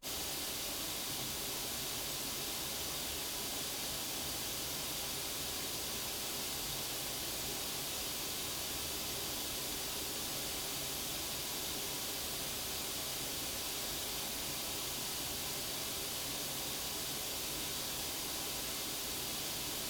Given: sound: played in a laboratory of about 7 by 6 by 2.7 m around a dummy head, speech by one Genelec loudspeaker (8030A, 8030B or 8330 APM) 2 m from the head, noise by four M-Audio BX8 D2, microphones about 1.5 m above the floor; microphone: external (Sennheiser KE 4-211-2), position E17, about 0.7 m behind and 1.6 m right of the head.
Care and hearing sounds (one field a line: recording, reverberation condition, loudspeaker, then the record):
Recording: white noise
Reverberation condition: low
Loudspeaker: four, about 170 cm from the corners of the room and facing them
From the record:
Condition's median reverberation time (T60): about 310 ms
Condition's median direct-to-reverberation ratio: about 3.5 dB